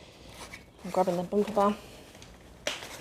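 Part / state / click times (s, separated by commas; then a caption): pushchair frame fold latch / seated / 2.7 s. Someone talks while grabbing the bumper bar of a lightweight Silver Cross Click travel stroller, then releases the fold lock and throws the pushchair frame back up. A sharp click at 2.7 s is the frame's fold latch clicking back into place, so the frame is seated.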